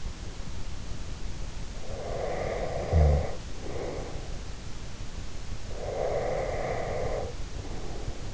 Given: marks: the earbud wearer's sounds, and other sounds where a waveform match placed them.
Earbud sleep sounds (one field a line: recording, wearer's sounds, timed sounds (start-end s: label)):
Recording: sounds in sleep by an in-ear microphone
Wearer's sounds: snoring breath, breath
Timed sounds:
1.81-4.53 s: snoring breath
5.76-8.34 s: breath